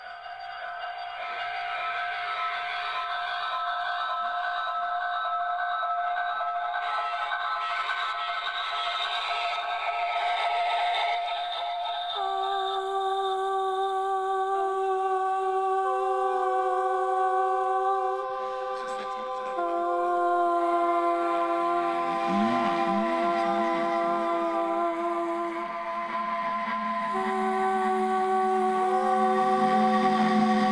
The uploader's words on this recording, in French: Nous les avons allumé et les réglé sur la fréquence 93.9, de Radio Campus Paris. Comme nous sommes en direct, nous pouvons nous écouter en train de nous écouter, l'écho de l'écho de l'écho engendre alors un mega larser !!